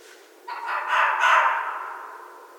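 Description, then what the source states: Red fox giving one loud, rough scream that swells and then fades over about two seconds. Recorded on 13 January 2012.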